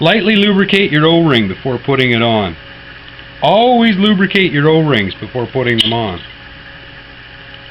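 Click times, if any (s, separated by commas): none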